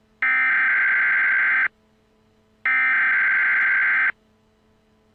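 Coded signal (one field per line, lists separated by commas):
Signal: Emergency Alert System (SAME) tones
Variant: header bursts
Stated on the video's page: Fictional EAS scenario about a hijacked signal.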